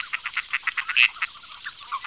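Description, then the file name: Gadwall giving a rapid run of short nasal notes, broken by one louder, longer note in the middle, then a few scattered softer notes. "anade friso"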